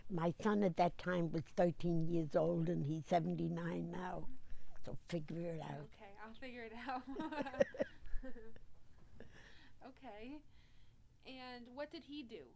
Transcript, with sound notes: My son, at that time, was thirteen years old, and he's seventy-nine now, so figure it out.
Okay. I'll figure it out. ( they laugh ) Okay. And what did he do?